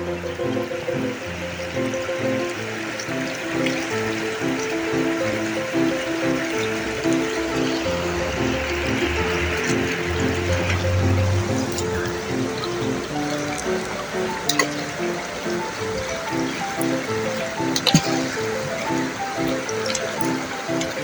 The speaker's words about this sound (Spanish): Y otro sonido que me gusta, yo tengo un arroyo al lado de mi casa, entonces se escucha el ruido del arroyo y es hermoso.